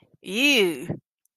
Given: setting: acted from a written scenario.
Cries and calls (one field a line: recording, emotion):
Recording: vocal sound without words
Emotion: disgust